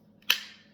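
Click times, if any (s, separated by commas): 0.3 s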